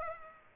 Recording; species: mosquito wingbeat signal from an infrared sensor; Culex pipiens